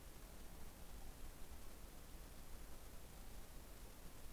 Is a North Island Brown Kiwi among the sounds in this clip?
no